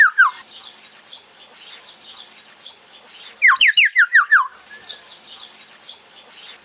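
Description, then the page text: Common hill myna giving a rapid series of five or six loud descending whistled notes in midway, amid softer chattering. Kept as a pet; produces partly quite loud sounds; noted for speech mimicry, especially in females. "Beo. hill myna"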